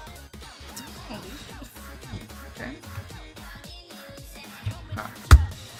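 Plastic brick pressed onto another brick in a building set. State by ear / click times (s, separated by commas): seated / 5.3 s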